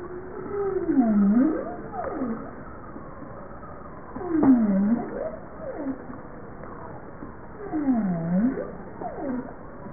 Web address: bowhead